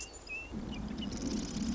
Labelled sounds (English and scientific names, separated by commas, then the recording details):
Marsh Wren (Cistothorus palustris)
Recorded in Sonoma County, California